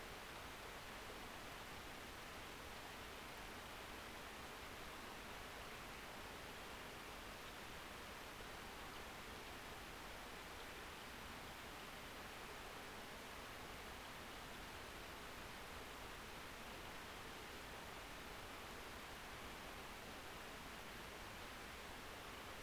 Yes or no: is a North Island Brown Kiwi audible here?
no